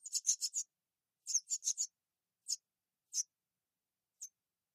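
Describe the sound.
Wren calling in harsh, rapid clicks: a quick burst of several, a pause, another burst, then three single ticks spaced out, with silence between.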